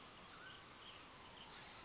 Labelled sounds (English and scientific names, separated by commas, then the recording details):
Mountain Quail (Oreortyx pictus)
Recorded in Sonoma County, California